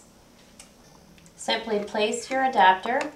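A bassinet adapter is handled and positioned onto a Micralite Toro stroller frame, with a few faint handling knocks near 0.6 and 1.2 seconds before someone talks. Nothing has seated or clicked yet.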